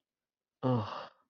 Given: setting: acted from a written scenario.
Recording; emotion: vocal sound without words; shame